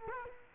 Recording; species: mosquito wingbeat signal from an infrared sensor; Culex quinquefasciatus